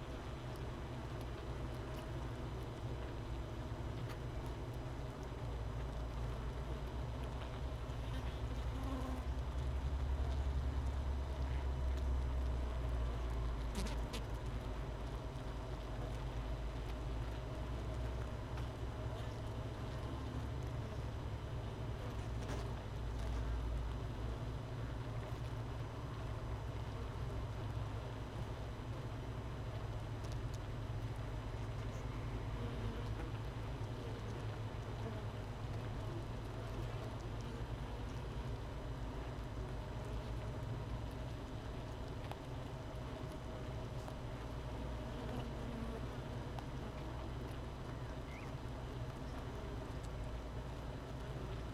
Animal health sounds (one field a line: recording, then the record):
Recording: honeybee colony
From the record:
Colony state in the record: missing queen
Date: 31 May 2018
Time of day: 13:55